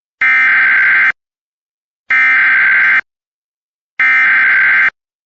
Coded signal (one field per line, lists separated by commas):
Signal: Emergency Alert System (SAME) tones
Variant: header bursts